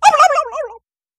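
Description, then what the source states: Turkey gobbling, one short warbling rattle that slides downward in pitch and fades after under a second. Turkey in a barnyard.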